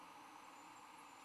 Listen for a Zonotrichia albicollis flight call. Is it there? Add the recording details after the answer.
no. No flight call is heard. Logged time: 11:04 on 21 December 2014